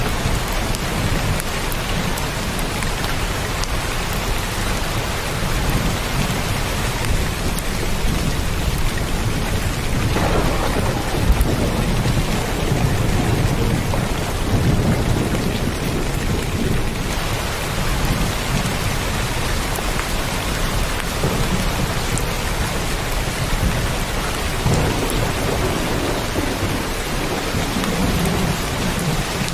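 Steady, dense rain drums on roofs and windows for the full thirty seconds, a constant hiss with close, fine patter. Low thunder rumbles underneath throughout, swelling briefly around ten to eleven seconds and again near fifteen seconds.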